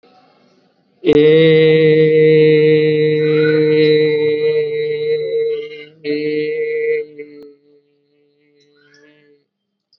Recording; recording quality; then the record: sustained vowel as in made; excellent, no background noise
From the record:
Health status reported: COVID-19 positive, mild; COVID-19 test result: positive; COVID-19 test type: RT-PCR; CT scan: not taken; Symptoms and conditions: fever, fatigue, muscle pain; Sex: male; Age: 27 years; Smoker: no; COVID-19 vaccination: both doses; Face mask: worn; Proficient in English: yes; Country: India